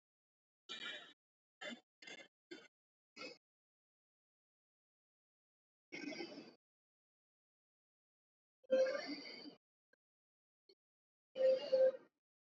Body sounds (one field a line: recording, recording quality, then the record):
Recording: deep breathing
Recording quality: excellent, no background noise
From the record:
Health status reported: COVID-19 positive, mild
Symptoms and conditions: sore throat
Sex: male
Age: 28 years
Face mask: not worn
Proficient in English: yes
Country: India